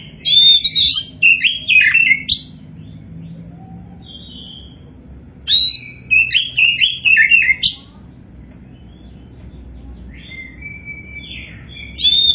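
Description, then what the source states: Oriental magpie-robin singing rich, chattering phrases of whistles and trills. Bursts come near the start and middle, then a shorter phrase at the end. Kacer poci variety, described as gacor (singing vigorously).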